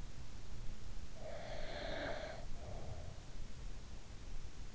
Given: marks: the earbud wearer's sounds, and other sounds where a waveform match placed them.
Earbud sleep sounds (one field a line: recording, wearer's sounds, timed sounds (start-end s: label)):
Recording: sounds in sleep by an in-ear microphone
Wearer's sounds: breath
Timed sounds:
1.18-3.18 s: breath